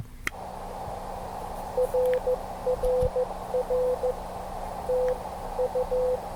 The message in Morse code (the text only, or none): RRR TU